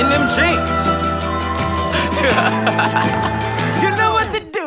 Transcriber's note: laughs